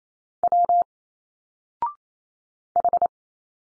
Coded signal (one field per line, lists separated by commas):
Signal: Morse code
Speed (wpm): 28 wpm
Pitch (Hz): 700 Hz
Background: none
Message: W H